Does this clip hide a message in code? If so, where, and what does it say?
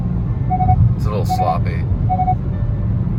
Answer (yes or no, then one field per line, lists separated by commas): no